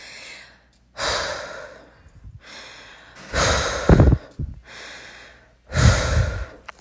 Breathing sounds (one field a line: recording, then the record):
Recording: deep breathing after running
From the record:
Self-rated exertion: moderate exertion (3 of 6)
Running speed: 5 miles an hour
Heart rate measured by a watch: 162 beats a minute at the start, 159 at the end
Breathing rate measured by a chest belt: 17 breaths a minute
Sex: female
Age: 18 years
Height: 171 cm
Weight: 75 kg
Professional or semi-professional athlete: no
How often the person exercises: 1 to 2 times a week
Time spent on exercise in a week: under 1 hour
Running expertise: no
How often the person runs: 1 to 2 times a week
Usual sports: running, fencing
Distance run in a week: 3 km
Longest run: 21.3 km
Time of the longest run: 190 minutes